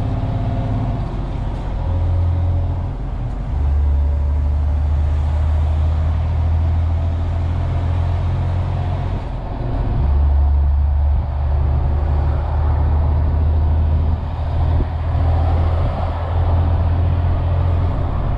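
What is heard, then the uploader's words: A truck engine rumbles steadily throughout, with a deep, droning low hum that holds a near-constant pitch for long stretches. Brief dips around three and ten seconds break the drone before it settles again. A faint hiss and rattle run underneath. Truck driver sound.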